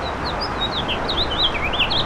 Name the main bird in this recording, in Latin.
Haemorhous mexicanus